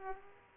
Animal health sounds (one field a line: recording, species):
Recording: mosquito wingbeat signal from an infrared sensor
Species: Aedes aegypti